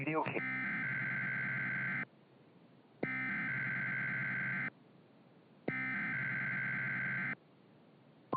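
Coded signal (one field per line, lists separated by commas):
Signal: Emergency Alert System (SAME) tones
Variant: header bursts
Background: speech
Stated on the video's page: A fictional EAS scenario of alerts for a polar vortex bringing heavy snow and extreme cold.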